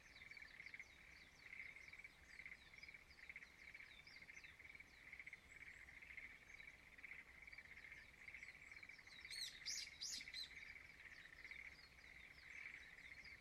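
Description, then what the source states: Frog chorus, a dense pulsing trill held steady around one pitch, with many faint chirps above it and a brief louder burst of sharp notes near the tenth second. Frogs singing in a rice field at dawn in Izumo, Shimane, Japan.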